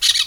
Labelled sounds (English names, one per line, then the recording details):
Brown-throated Parakeet contact call
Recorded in Venezuela
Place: Guárico; Corozopando; Fundo La Fe
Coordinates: 8.506, -67.593